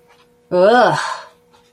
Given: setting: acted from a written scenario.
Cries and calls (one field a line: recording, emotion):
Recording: vocal sound without words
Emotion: disgust